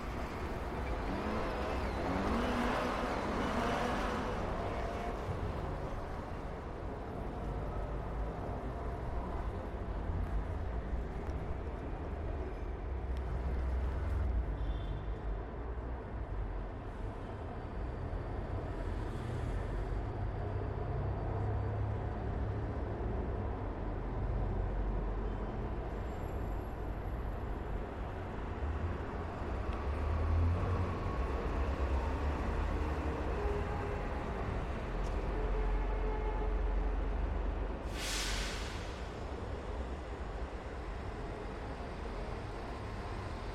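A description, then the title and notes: Street traffic rumbles on without pause, a dense low roar of cars and heavier vehicles passing. A louder pass swells near the start, and a brief sharp hiss or burst cuts through around thirty-eight seconds, with faint high tones drifting above the din. Automobiles, trucks, construction equipment, mopeds and motorcycles, buses, street sounds and a variety of police and ambulance sirens. The Sounds of Motoring.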